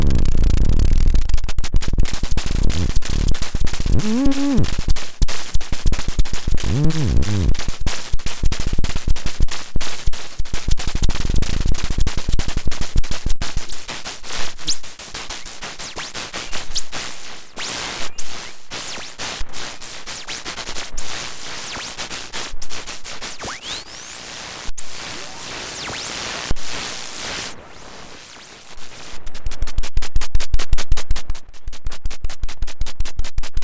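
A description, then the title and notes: Radio static from exploring the airwaves during a lunar eclipse, a dense crackling hiss full of rapid clicks and pulses. Early on, a few wavering tones swoop up and down around the 4- and 7-second marks. Near the end the crackle thickens into a louder, fast regular ticking. More radiowave exploration during the lunar eclipse.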